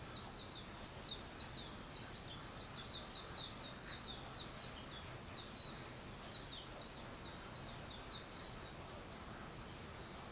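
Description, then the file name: Bird calls: repeated high chirps in a loose twittering stream over a constant background hiss. Wild birds; 21 April 2023. "wild-bird 230421"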